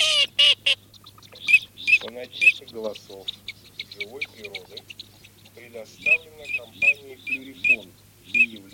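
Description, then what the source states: Eurasian teal calling: short ringing whistles in loose series, mixed with lower nasal, chattering duck notes, then a run of several evenly spaced whistles. Male Eurasian teal calls, recorded for use in an electronic decoy caller.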